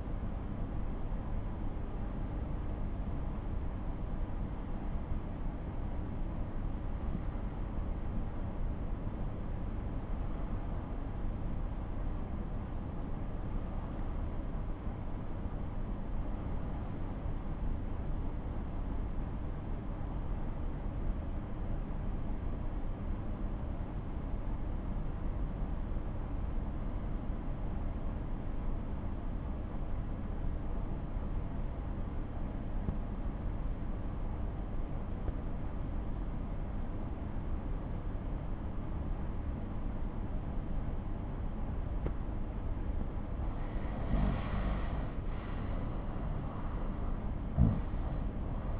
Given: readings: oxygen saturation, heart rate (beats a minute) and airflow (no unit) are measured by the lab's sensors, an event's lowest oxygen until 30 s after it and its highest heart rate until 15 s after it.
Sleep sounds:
breathing in sleep by a smartphone at the bedside; 1
6.00-42.70 s: obstructive apnea (N1, oxygen 96% highest, then 88% lowest)
From the record:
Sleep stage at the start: N1 (lightest sleep); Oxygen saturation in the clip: 91 to 96%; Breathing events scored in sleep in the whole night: 217 in 6.3 hours asleep

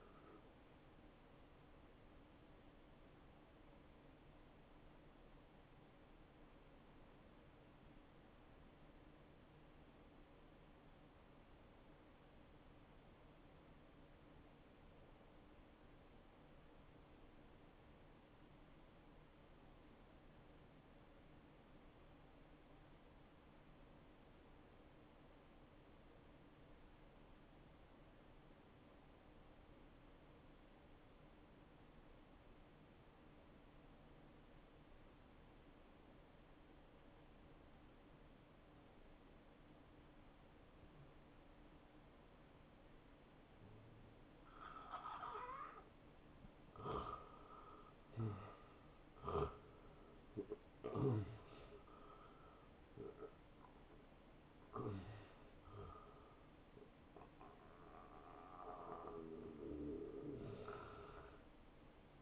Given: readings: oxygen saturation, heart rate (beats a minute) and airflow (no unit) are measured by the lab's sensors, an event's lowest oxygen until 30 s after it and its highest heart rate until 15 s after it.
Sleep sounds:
breathing in sleep by a voice recorder at the bedside; 1
10.00-40.00 s: new sleep stage, N2 (light sleep)
10.00-43.60 s: obstructive apnea (N2, oxygen 95% highest, then 86% lowest, heart rate 67 at the start, 80 highest)
40.00-62.22 s: new sleep stage, N1 (lightest sleep)
From the record:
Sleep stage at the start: N1 (lightest sleep); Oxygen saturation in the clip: 84 to 95%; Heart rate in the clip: 51 to 81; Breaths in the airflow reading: 6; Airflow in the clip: -16.7 to 9.5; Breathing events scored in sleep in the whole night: 263 in 5.5 hours asleep

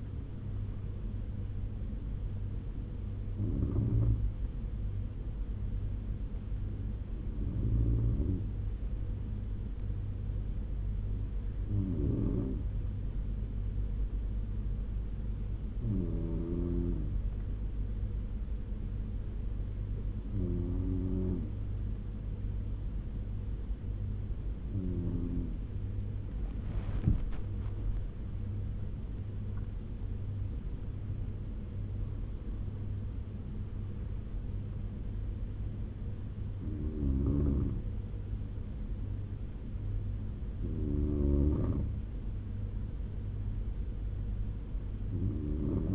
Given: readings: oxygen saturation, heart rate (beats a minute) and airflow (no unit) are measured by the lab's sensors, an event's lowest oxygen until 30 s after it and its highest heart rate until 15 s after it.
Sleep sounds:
breathing in sleep by a smartphone at the bedside; 1
5.00-27.90 s: hypopnea (N1, oxygen 97% highest, then 95% lowest, heart rate 71 at the start, 90 highest)
From the record:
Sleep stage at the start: N1 (lightest sleep); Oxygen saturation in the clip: 95 to 97%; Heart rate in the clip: 68 to 90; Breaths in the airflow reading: 11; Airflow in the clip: -10.5 to 12.0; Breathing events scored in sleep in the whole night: 201 in 6.5 hours asleep

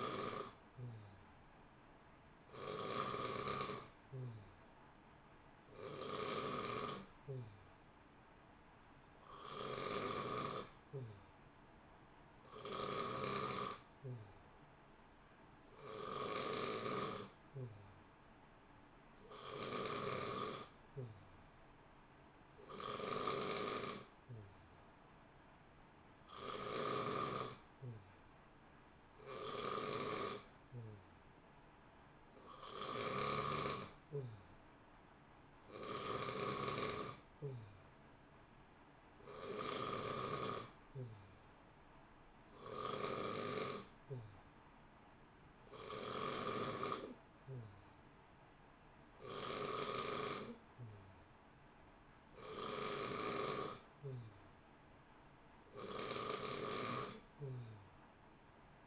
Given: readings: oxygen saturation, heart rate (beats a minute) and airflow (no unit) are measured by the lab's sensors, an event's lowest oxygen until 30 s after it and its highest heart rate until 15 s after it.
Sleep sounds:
breathing in sleep by a voice recorder at the bedside; none
none scored
From the record:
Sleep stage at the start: N3 (deep sleep); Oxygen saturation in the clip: 89 to 90%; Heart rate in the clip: 60 to 65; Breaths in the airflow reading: 20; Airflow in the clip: -0.8 to 0.9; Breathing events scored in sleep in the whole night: 328 in 6.3 hours asleep

